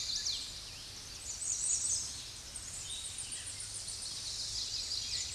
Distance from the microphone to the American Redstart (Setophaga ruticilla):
about 20 m